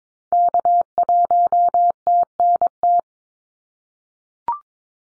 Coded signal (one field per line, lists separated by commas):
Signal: Morse code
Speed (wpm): 22 wpm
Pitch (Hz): 700 Hz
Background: none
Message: K1TNT